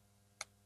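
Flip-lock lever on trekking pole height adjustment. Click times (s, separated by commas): 0.4 s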